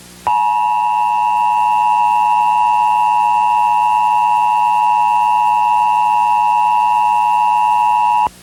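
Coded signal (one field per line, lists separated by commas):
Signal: Emergency Alert System (SAME) tones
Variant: 853 and 960 Hz attention tone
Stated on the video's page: Recreation mock with valid tones of a civil emergency message for a 911 outage, shown as it might have appeared on a cable system.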